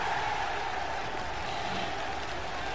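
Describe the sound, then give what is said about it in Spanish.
A steady wash of clapping hands, dense and continuous for a few seconds at an even loudness, with no voices standing out. “Pues nada, no sé, les damos un aplauso.”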